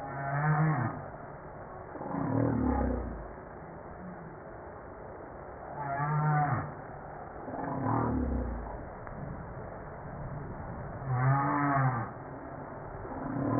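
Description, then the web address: Humpback whale song with low moans and harmonic upswept cries alternating, phrases coming every few seconds amid continuous background noise. Recorded 5 March 1994. "PMahe Voile'Ocean 940305 HUMPBACK"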